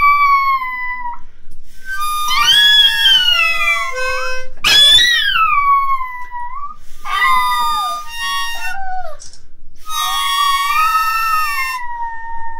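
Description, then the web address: Dog howling in long, wavering tones that rise and then slide down, several drawn-out howls separated by brief pauses, with no other clear sounds. "hurlement de chien"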